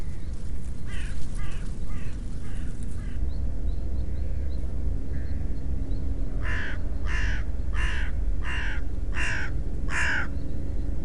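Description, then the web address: Bird calling with a fainter run of several hoarse caws, then a louder series of six harsh caws roughly 0.7 seconds apart, over constant low background rumble. "cianscape. Deverinetal. Bird Only"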